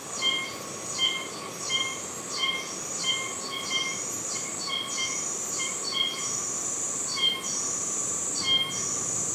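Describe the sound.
Oshima cicada giving a series of rasping buzzes with brief ringing tones between them.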